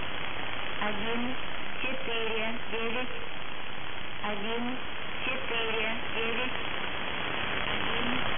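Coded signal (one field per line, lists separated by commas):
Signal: numbers station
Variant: S06s, Russian female voice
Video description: Preamble begins at 0:20 and is repeated until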